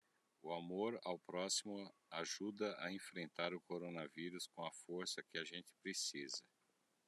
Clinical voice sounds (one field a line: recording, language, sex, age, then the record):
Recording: spoken sentence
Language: Brazilian Portuguese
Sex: male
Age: 50 to 59 years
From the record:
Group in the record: control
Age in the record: 50 years